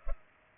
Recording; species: mosquito wingbeat signal from an infrared sensor; Culex pipiens